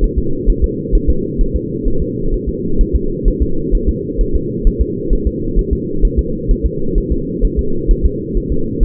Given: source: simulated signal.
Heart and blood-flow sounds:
fetal heart sounds
0.04 s: S1
0.19 s: S2
0.50 s: S1
0.64 s: S2
0.95 s: S1
1.10 s: S2
1.41 s: S1
1.56 s: S2
1.88 s: S1
2.02 s: S2
2.34 s: S1
2.49 s: S2
2.81 s: S1
2.96 s: S2
3.28 s: S1
3.42 s: S2
3.75 s: S1
3.89 s: S2
4.21 s: S1
4.36 s: S2
4.67 s: S1
4.82 s: S2
5.13 s: S1
5.27 s: S2
5.59 s: S1
5.73 s: S2
6.05 s: S1
6.19 s: S2
6.51 s: S1
6.66 s: S2
6.98 s: S1
7.12 s: S2
7.45 s: S1
7.59 s: S2
7.91 s: S1
8.06 s: S2
8.37 s: S1
8.52 s: S2
8.83 s: S1
From the record:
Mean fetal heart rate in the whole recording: 130 bpm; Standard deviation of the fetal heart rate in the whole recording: 2 bpm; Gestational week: 38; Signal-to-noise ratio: -8.1 dB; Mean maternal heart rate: 72 bpm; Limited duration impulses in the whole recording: absent

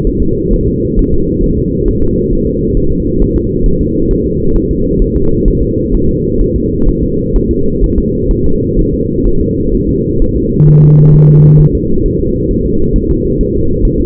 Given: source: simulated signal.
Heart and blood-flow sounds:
fetal heart sounds
0.07 s: S1
0.22 s: S2
0.53 s: S1
0.68 s: S2
0.99 s: S1
1.14 s: S2
1.44 s: S1
1.59 s: S2
1.88 s: S1
2.03 s: S2
2.33 s: S1
2.47 s: S2
2.77 s: S1
2.92 s: S2
3.22 s: S1
3.36 s: S2
3.66 s: S1
3.81 s: S2
4.11 s: S1
4.26 s: S2
4.56 s: S1
4.71 s: S2
5.02 s: S1
5.17 s: S2
5.48 s: S1
5.63 s: S2
5.95 s: S1
6.09 s: S2
6.42 s: S1
6.56 s: S2
6.89 s: S1
7.03 s: S2
7.36 s: S1
7.51 s: S2
7.84 s: S1
7.98 s: S2
8.31 s: S1
8.46 s: S2
8.79 s: S1
8.94 s: S2
9.27 s: S1
9.42 s: S2
9.75 s: S1
9.89 s: S2
10.22 s: S1
10.37 s: S2
10.69 s: S1
10.83 s: S2
11.15 s: S1
11.29 s: S2
11.60 s: S1
11.75 s: S2
12.06 s: S1
12.20 s: S2
12.51 s: S1
12.66 s: S2
12.96 s: S1
13.11 s: S2
13.41 s: S1
13.55 s: S2
13.85 s: S1
14.00 s: S2
From the record:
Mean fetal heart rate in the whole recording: 130 bpm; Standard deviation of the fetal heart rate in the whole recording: 4 bpm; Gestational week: 38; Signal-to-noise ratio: -16.4 dB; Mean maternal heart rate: 72 bpm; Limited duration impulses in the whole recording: present

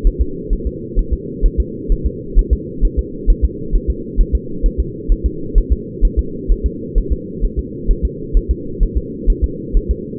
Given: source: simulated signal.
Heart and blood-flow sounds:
fetal heart sounds
0.07 s: S1
0.22 s: S2
0.53 s: S1
0.67 s: S2
0.99 s: S1
1.13 s: S2
1.46 s: S1
1.60 s: S2
1.92 s: S1
2.06 s: S2
2.39 s: S1
2.53 s: S2
2.85 s: S1
2.99 s: S2
3.30 s: S1
3.45 s: S2
3.75 s: S1
3.90 s: S2
4.21 s: S1
4.35 s: S2
4.66 s: S1
4.80 s: S2
5.12 s: S1
5.26 s: S2
5.58 s: S1
5.72 s: S2
6.05 s: S1
6.19 s: S2
6.52 s: S1
6.66 s: S2
6.98 s: S1
7.12 s: S2
7.45 s: S1
7.59 s: S2
7.91 s: S1
8.05 s: S2
8.37 s: S1
8.51 s: S2
8.83 s: S1
8.97 s: S2
9.30 s: S1
9.44 s: S2
9.77 s: S1
9.91 s: S2
From the record:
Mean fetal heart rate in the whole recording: 130 bpm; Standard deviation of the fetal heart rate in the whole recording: 2 bpm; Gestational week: 38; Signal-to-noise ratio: -4.3 dB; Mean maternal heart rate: 72 bpm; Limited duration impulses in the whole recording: absent

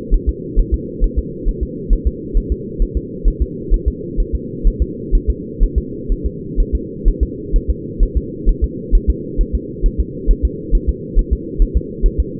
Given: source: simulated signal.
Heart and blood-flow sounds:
fetal heart sounds
0.14 s: S1
0.29 s: S2
0.59 s: S1
0.74 s: S2
1.04 s: S1
1.18 s: S2
1.48 s: S1
1.63 s: S2
1.93 s: S1
2.07 s: S2
2.37 s: S1
2.52 s: S2
2.82 s: S1
2.97 s: S2
3.28 s: S1
3.42 s: S2
3.74 s: S1
3.88 s: S2
4.20 s: S1
4.35 s: S2
4.67 s: S1
4.82 s: S2
5.15 s: S1
5.30 s: S2
5.63 s: S1
5.78 s: S2
6.12 s: S1
6.26 s: S2
6.60 s: S1
6.75 s: S2
7.08 s: S1
7.23 s: S2
7.56 s: S1
7.70 s: S2
8.03 s: S1
8.17 s: S2
8.49 s: S1
8.64 s: S2
8.95 s: S1
9.10 s: S2
9.41 s: S1
9.55 s: S2
9.86 s: S1
10.00 s: S2
10.31 s: S1
10.45 s: S2
10.75 s: S1
10.89 s: S2
11.19 s: S1
11.33 s: S2
11.62 s: S1
11.77 s: S2
12.06 s: S1
12.20 s: S2
From the record:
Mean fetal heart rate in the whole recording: 130 bpm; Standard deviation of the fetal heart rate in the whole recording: 2 bpm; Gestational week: 38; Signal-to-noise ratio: -4.1 dB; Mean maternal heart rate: no maternal heart sound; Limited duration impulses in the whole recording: absent

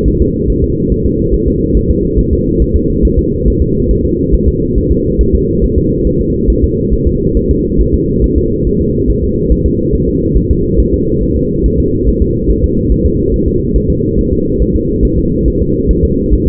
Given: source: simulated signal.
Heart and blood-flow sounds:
fetal heart sounds
0.08 s: S1
0.21 s: S2
0.50 s: S1
0.64 s: S2
0.92 s: S1
1.06 s: S2
1.34 s: S1
1.48 s: S2
1.77 s: S1
1.91 s: S2
2.19 s: S1
2.33 s: S2
2.62 s: S1
2.76 s: S2
3.05 s: S1
3.19 s: S2
3.48 s: S1
3.62 s: S2
3.91 s: S1
4.05 s: S2
4.35 s: S1
4.48 s: S2
4.78 s: S1
4.91 s: S2
5.21 s: S1
5.35 s: S2
5.64 s: S1
5.78 s: S2
6.07 s: S1
6.21 s: S2
6.50 s: S1
6.64 s: S2
6.93 s: S1
7.07 s: S2
7.37 s: S1
7.51 s: S2
7.81 s: S1
7.94 s: S2
8.24 s: S1
8.38 s: S2
8.67 s: S1
8.81 s: S2
9.10 s: S1
9.24 s: S2
9.52 s: S1
9.66 s: S2
9.95 s: S1
10.08 s: S2
10.38 s: S1
10.51 s: S2
10.80 s: S1
10.94 s: S2
11.23 s: S1
11.37 s: S2
11.66 s: S1
11.80 s: S2
12.08 s: S1
12.22 s: S2
12.50 s: S1
12.64 s: S2
12.92 s: S1
13.06 s: S2
13.34 s: S1
13.48 s: S2
13.76 s: S1
13.90 s: S2
14.19 s: S1
14.32 s: S2
14.62 s: S1
14.75 s: S2
15.05 s: S1
15.19 s: S2
15.48 s: S1
15.62 s: S2
15.91 s: S1
16.04 s: S2
16.33 s: S1
16.47 s: S2
From the record:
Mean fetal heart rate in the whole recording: 140 bpm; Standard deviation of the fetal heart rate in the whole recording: 2 bpm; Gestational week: 34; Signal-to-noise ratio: -14.7 dB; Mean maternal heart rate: 72 bpm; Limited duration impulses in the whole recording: present

